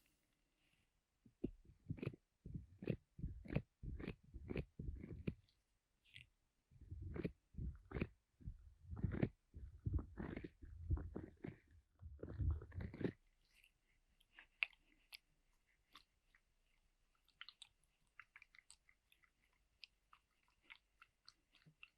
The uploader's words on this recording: Ear Massage with Pineapple (No Talking).